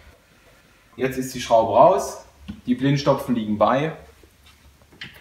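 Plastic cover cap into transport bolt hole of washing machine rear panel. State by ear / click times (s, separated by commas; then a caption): seated / 5.0 s. A plastic cover cap is pressed into the transport bolt hole on the rear panel of a washing machine after the transport bolt has been removed. Someone talks for most of the clip, then a short click is heard at 5.0 s as the cap snaps in and seats.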